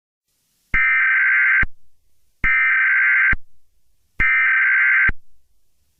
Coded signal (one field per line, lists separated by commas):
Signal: Emergency Alert System (SAME) tones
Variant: header bursts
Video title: Betelgeuse Remastered - A remastered EAS scenario